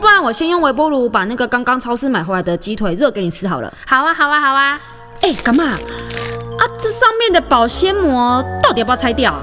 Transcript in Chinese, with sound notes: 我先微波剛剛從超市買回來的雞腿給你吃好了。
好呀好呀!
【塑膠袋悉悉窣窣的聲音】 ㄟ，橘子這上面的保鮮膜到底要不要拆掉?